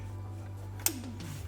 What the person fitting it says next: there we go I heard a satisfying click yeah